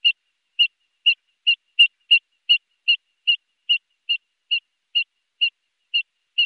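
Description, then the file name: Eurasian dotterel calling with a steady series of brief, pure whistled notes, about two to three each second, evenly repeated throughout. "Fjallpipare"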